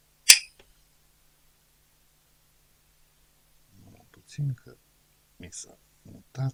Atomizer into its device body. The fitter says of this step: it nicely until it clicks